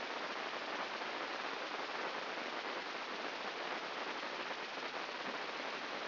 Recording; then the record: brain microelectrode recording played as sound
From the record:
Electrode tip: inside the subthalamic nucleus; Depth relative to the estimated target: 1 mm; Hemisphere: left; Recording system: AlphaMap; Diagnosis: Parkinson's disease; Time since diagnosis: 14 years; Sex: female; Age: 58 years